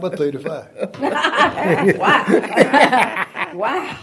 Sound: laughter

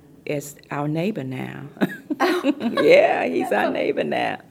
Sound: laughter

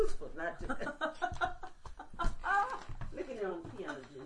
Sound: laughter

